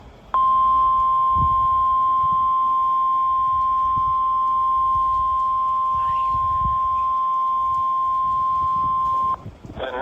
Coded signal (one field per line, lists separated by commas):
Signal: Emergency Alert System (SAME) tones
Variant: 1050 Hz attention tone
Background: speech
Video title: (EAS #415) Severe Thunderstorm Warning for Multiple KMKX Counties